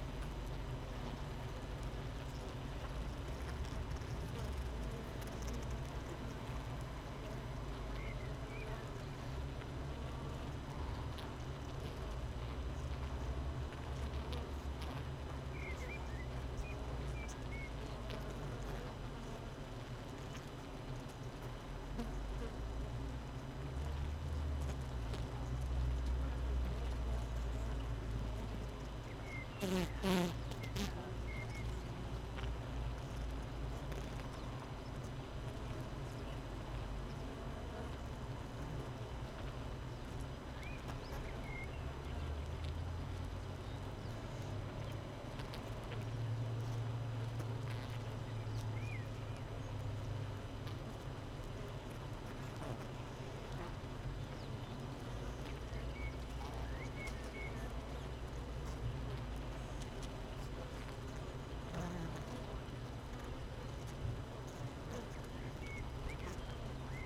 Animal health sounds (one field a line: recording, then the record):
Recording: honeybee colony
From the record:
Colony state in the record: missing queen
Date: 31 May 2018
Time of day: 7:38